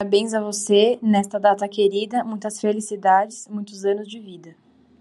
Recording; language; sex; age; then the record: short text; Brazilian Portuguese; female; 20 to 29 years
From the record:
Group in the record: control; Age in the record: 21 years